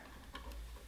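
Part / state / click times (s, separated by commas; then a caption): anti-kickback pawl assembly onto the table saw riving knife / not seated / none. The anti-kickback pawl assembly of a DEWALT DWE7491RS table saw is handled and pushed down over the hole on the riving knife, producing a faint steady hum, a short tick near 0.4 s and light rustling. The clip ends before the pawls lock into place; nothing has seated or clicked yet.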